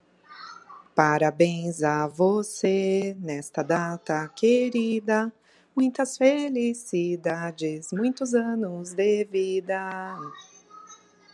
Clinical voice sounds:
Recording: short text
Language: Brazilian Portuguese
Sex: female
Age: 40 to 49 years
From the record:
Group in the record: control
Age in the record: 43 years

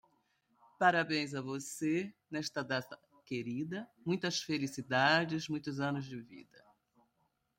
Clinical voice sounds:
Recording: short text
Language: Brazilian Portuguese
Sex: female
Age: 60 to 69 years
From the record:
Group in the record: control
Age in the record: 67 years

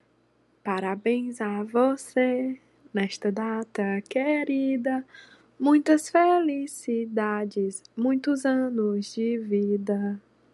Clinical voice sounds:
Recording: short text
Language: Brazilian Portuguese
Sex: female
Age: 20 to 29 years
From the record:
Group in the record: control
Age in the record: 20 years

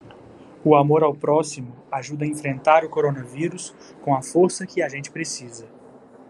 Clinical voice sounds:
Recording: spoken sentence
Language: Brazilian Portuguese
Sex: male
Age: 20 to 29 years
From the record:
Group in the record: control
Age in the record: 21 years

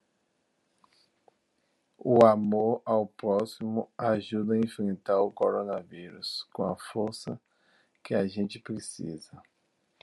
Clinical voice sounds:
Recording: spoken sentence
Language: Brazilian Portuguese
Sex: male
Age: 40 to 49 years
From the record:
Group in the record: control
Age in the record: 44 years

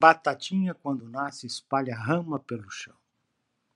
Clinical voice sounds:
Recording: short text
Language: Brazilian Portuguese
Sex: male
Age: 60 to 69 years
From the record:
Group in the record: control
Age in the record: 62 years

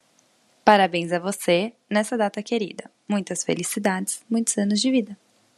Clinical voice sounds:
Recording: short text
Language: Brazilian Portuguese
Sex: female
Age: 20 to 29 years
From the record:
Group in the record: control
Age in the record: 24 years

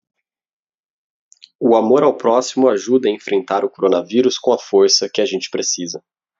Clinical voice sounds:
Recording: spoken sentence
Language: Brazilian Portuguese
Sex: male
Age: 20 to 29 years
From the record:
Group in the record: control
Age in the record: 25 years

